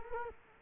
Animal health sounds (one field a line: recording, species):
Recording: mosquito wingbeat signal from an infrared sensor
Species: Culex quinquefasciatus